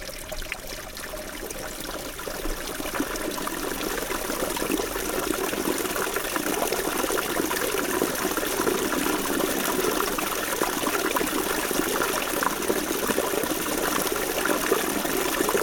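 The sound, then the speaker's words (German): Water flows and gushes in a steady, continuous rush, swelling slightly in the first few seconds and then holding an even, full hiss with no voices. “Wasser mit Wölbung.”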